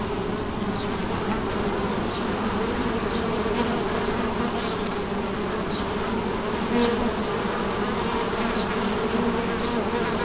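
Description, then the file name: Bees buzzing in a steady, dense drone, with faint higher ticks scattered throughout. Recorded at St Bonnet le Ch on 30 July 2016 with an MZ-N710 recorder. "Abeilles St Bonnet le Ch 30 07 16"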